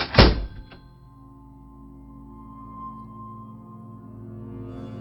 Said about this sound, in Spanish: Dio unos pasos hacia el mostrador principal de la tienda y se sobresaltó cuando la puerta de entrada se cerró bruscamente, provocando las campanillas un extraño tintineo, casi irreal.